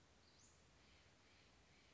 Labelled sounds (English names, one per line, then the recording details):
Western Flycatcher
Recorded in Sonoma County, California